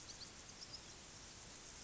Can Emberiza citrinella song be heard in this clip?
no